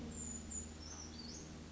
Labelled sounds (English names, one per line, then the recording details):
Brown Creeper
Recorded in Sonoma County, California